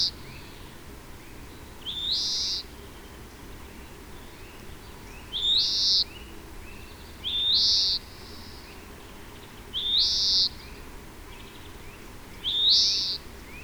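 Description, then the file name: European greenfinch giving a drawn-out nasal wheeze, rising then flattening, repeated five times with quiet gaps between. "Chloris chloris"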